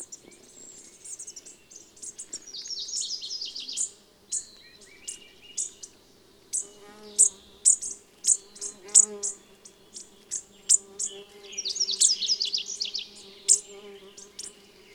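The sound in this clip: Bird song in quick high chirps and fast trilled phrases, with a low steady hum beneath.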